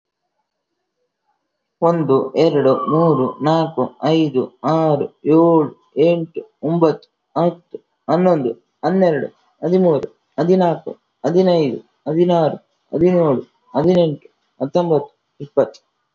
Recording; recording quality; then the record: counting at a normal pace; excellent, no background noise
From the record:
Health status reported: healthy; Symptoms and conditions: none ticked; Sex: male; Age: 26 years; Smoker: not ticked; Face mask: not worn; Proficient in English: yes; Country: India